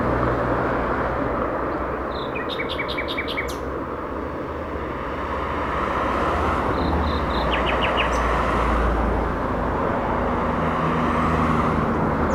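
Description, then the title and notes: Nightingale song with rapid series of sharp repeated notes, two bursts several seconds apart, over a constant heavy rumble of road traffic. Singing from a bush between a railway line and the shore of Lac du Bourget, Entrelacs, France, unbothered by passing trains; road traffic on the RD991 left in the recording. "2 D991, 73410 Entrelacs, France - Rossignol ferroviaire. Un rossignol chante dans un buisson entre la voie ferrée et les bords du lac du Bourget nullement effrayé par les passages de trains. Circulation des véhicules,sur la RD991"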